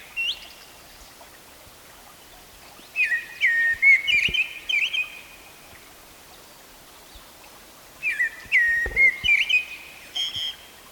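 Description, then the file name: Common blackbird song, two rich warbled phrases a few seconds apart, fluted notes running into a scratchy high flourish at the end of each. "Turdus merula"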